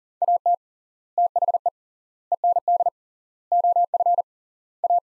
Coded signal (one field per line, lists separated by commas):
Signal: Morse code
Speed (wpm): 40 wpm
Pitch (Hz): 700 Hz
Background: none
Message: AT THE END OF A